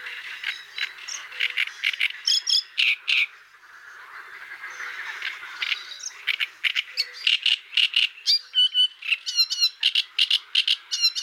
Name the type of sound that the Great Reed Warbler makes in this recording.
song